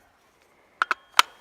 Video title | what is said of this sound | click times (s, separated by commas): Rellim Arms AMP 556/223 takedown pistol | o'clock to 12 o'clock one twist locks into place let go ready | 1.2 s